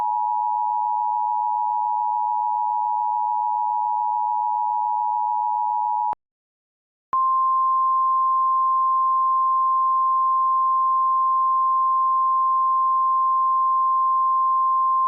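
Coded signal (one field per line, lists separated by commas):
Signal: Emergency Alert System (SAME) tones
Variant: 853 and 960 Hz attention tone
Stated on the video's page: Simulated EAS mock severe thunderstorm warning for Louisville.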